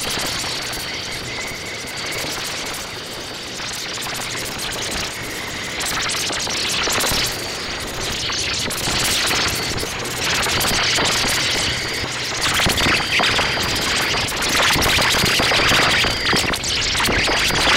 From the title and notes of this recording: Source recording of electronic crickets over Ohio circa summer 1995.